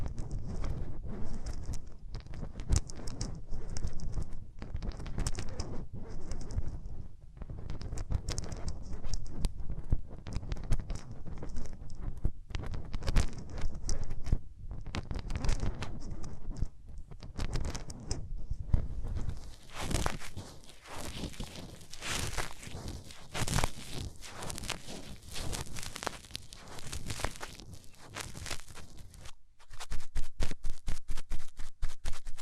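Hands rub over the ears in dense, rapid rustling strokes, low and muffled at first, turning brighter and crisper after twenty seconds.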